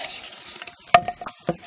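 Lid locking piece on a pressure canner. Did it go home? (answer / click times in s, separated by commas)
no / none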